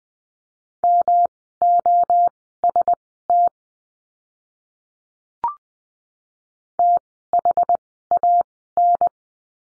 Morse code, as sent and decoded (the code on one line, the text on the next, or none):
-- --- ... - / - .... .- -.
MOST THAN